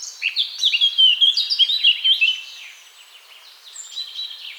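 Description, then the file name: Eurasian blackcap song, a brisk, jumbled warble of bright whistled notes for about two seconds, followed by softer notes. "Sylvia atricapilla"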